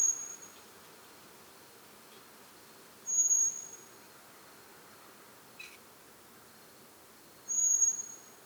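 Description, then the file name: Common blackbird calling with a few high, thin, level whistles, plus a brief soft click between calls and light background hiss. "Turdus merula"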